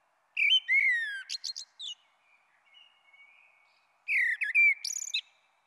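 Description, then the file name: Common blackbird singing two mellow, warbled phrases that descend before ending in high, scratchy twitters, with a soft pause of about two seconds between them. "Merle Noir"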